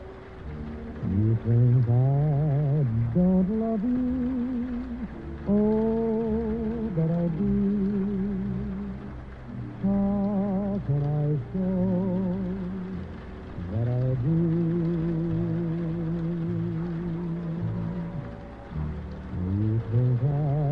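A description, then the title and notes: Oldies music plays in another room, muffled and dull, with a wavering vocal line rising and falling in long held notes over a low bass pulse. A steady soft hiss of rain runs underneath throughout, with no clear breaks. Oldies music playing in another room and it's raining.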